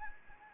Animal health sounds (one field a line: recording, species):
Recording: mosquito wingbeat signal from an infrared sensor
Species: Anopheles gambiae